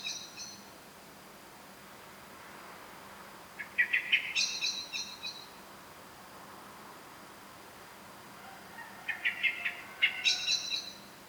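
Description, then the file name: Common blackbird gives two bursts of rough chattering notes that step upward in pitch, with a few scattered high notes at the start. "Turdus merula"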